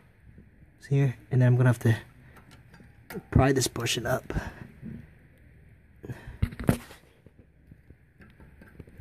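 Someone talks while handling the metal anti-rattle spring clip on the rear brake caliper of a BMW E90 335i, getting ready to pry it up after fitting Stoptech rear brake pads. A few brief sharp taps sound around 6.4 to 6.7 seconds. Nothing has seated or clicked yet.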